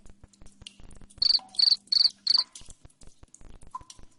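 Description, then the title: Cricket giving four loud shrill chirps in quick succession, then quieter faint clicks and a short whistled note. Loud cricket chirping ('jangkrik ngerik keras'), played to make lovebirds keep calling 'ngekek'. "Suara JANGKRIK NGERIK Keras Bikin LOVEBIRD Jadi NGEKEK Terus Vubey"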